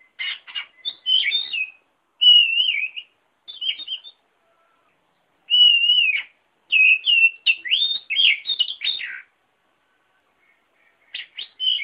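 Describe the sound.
Oriental magpie-robin song: warbled whistles and clipped, sharp notes in short bursts separated by silent gaps, with nothing else audible.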